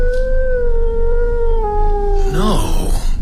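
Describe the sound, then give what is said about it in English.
A dog howls on the moor in one long, drawn-out note that holds steady and slowly sinks in pitch, then breaks into a wavering, warbling cry at the end over a low background rumble. “Sounded like a howl. One of those damned sheepdogs lost on the moor, probably.”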